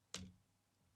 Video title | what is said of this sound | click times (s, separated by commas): Zhiyun Cinepeer Weebill 3E Review and the best settings... | if I push it down you hear a click and when I rotate it | 0.1 s